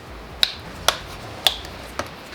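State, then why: Seated. Pressing down on the plastic clip locations of a fuse box cover in the engine bay makes the plastic clips snap into the fuse box housing. Sharp snaps are heard at 0.4, 0.9 and 1.5 seconds, followed by a weaker click at 2.0 seconds. The cover is seated.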